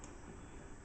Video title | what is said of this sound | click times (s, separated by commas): 100 0471 00 | now you'll know you have it in right because you're going to hear it click | 0.0 s